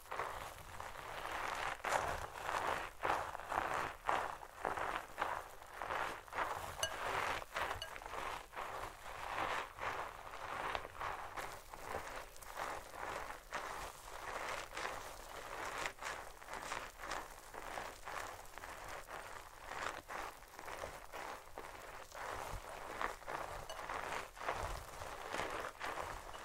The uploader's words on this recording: Fluffy Mic TRIGGERS. Scalp Massage. No Talking.